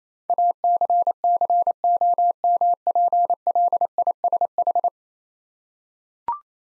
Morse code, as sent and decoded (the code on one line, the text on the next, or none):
.- -.-. -.-. --- -- .--. .-.. .. ... ....
ACCOMPLISH